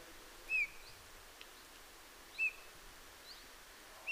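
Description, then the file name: Eurasian bullfinch giving soft, slightly descending piped notes about every two seconds, quiet outdoor background. "Pyrrhula pyrrhula"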